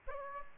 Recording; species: mosquito wingbeat signal from an infrared sensor; Aedes aegypti